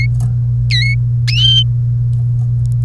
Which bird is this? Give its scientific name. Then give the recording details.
Serinus canaria. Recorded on 1 May 2018 at 14:46. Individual llb3